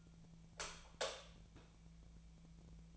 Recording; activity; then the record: daily activity, microphone in the room; light off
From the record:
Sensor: 1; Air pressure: 1000.0 hPa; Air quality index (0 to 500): 131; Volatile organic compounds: 2 ppm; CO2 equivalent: 1237 ppm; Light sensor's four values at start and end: 36/97/39/47 and 32/82/34/42